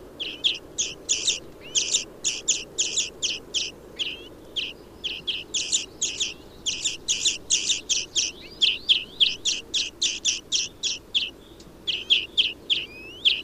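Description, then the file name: European greenfinch giving a fast, steady run of short twittering chirps, nearly continuous with brief gaps, some notes with slurred upward tails; faint low background hiss. "Chloris chloris"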